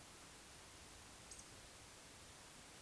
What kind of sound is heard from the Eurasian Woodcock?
whistle